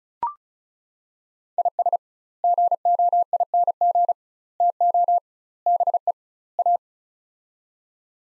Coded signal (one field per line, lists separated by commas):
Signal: Morse code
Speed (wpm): 36 wpm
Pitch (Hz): 700 Hz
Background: none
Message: IS GOING TO BE A